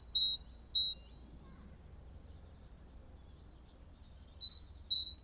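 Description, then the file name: Great tit song, a few high two-note phrases at the start and again near the end, a quiet pause between, over a low steady hum. "acclivity greattit"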